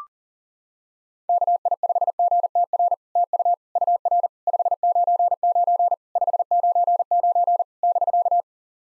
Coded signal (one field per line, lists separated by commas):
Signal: Morse code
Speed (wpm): 40 wpm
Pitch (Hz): 700 Hz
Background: none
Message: KI5GTR TU UR 599 599 <BK>